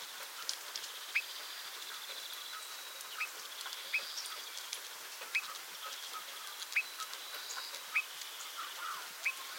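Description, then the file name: Eurasian bullfinch giving soft, short piping call notes, several single notes evenly spaced, over faint background sounds. "Pyrrhula pyrrhula"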